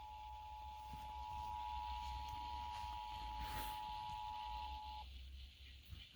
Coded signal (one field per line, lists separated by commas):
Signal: Emergency Alert System (SAME) tones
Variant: 853 and 960 Hz attention tone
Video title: EAS #560-568: Weeklies and Monthlies of 11/24/21